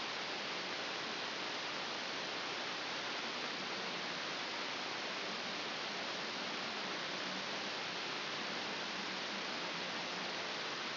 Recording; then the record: brain microelectrode recording played as sound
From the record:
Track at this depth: outside the subthalamic nucleus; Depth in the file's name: 7.306 mm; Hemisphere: left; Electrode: 2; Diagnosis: Parkinson's disease